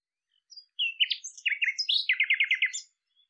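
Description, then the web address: Bird singing varied chirps and slurred whistles, finishing with a rapid string of about seven matching notes. "cianscape birddata Deverinetal 2025"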